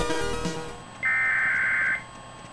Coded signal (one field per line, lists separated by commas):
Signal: Emergency Alert System (SAME) tones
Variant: header bursts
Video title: Required Monthly Test - "SAGE Relay Demonstration" - August 15th, 2019 (Demo)